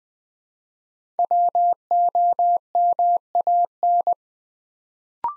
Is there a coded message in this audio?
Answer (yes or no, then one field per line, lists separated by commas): yes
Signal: Morse code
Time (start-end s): 1.2-4.1 s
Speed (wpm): 20 wpm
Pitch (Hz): 700 Hz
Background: none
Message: WOMAN